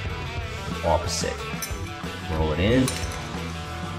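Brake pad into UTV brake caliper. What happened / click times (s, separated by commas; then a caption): The part is being worked into place but has not seated yet / none. A new brake pad is rolled into the brake caliper of a Polaris Pro R UTV, a slightly tight fit, while music plays and someone talks. Light metallic clinks and handling noises are heard as the pad is worked into place, and nothing has seated or clicked yet by the end of the clip.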